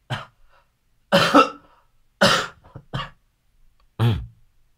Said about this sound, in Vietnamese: Đó là từ từ tôi mấy hôm nay tôi vẫn còn đang ho các bạn.